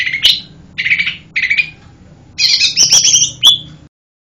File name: cucak hijau mini. omkicau